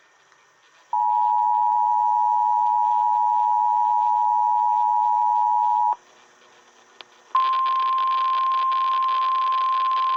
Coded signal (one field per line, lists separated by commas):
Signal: Emergency Alert System (SAME) tones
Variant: 853 and 960 Hz attention tone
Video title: EAS 800!!!!!!!!!!!!! STERLING RWT